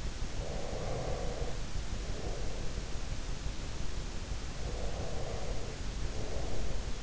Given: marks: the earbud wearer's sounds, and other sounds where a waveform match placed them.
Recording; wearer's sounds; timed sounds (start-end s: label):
sounds in sleep by an in-ear microphone; breath
0.27-3.48 s: breath
4.26-7.03 s: breath